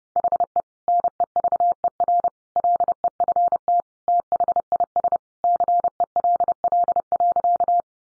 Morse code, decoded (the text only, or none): HE NEVER LEFT THIS CELL.